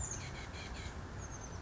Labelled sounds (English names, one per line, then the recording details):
Oak Titmouse
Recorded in Sonoma County, California